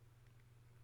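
A tripod leg on a K&F Concept TC2534 carbon tripod is being pulled down toward its next angle, with the leg angle lock clip on the leg hinge handled but not yet locked. Only a steady low hum and faint background noise are heard, with no distinct impacts. Nothing has seated or clicked yet.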